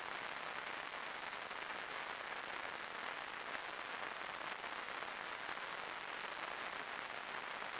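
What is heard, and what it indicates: A steady, unbroken high-pitched hiss centred near 8 kHz holds at constant loudness for about eight seconds, with faint wider noise beneath it. It is a simulated tinnitus sound, imitating the constant high ringing or hissing a person with tinnitus perceives.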